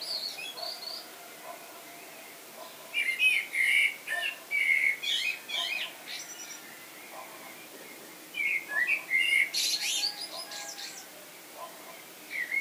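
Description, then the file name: Common blackbird singing repeated mellow warbled phrases capped by high-pitched chattering flourishes, with quiet gaps between phrases. "Turdus merula"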